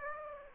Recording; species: mosquito wingbeat signal from an infrared sensor; Aedes aegypti